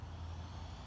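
A spray tip is being pushed toward the end of a plastic sprayer extension wand, with nothing seated or clicked yet. Only a steady low rumble with broadband hiss is heard, with no sharp click anywhere in the clip.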